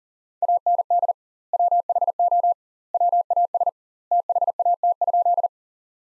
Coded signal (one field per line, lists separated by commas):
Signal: Morse code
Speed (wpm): 40 wpm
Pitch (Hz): 700 Hz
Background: none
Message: AND WHO WAS THAT?